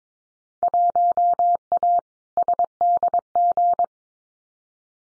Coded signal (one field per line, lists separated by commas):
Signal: Morse code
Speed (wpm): 22 wpm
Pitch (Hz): 700 Hz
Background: none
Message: 1A SDG